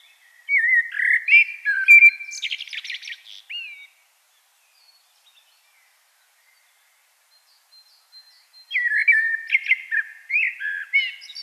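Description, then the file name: Common blackbird singing two phrases of fluted, slurred whistles with high scratchy notes, separated by about five seconds of silence. "Turdus merula"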